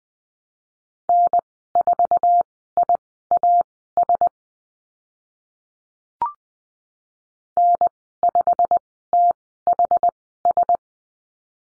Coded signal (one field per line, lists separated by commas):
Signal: Morse code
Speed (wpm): 20 wpm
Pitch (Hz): 700 Hz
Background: none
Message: N4IAS N5THS